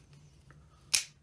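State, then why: Seated. A spring-loaded plunger arm on a dividing head is turned until its pin drops into a hole in the steel index plate. After faint handling sounds, a sharp metallic snap rings out at 0.9 s. The pin is seated and locked in the plate hole.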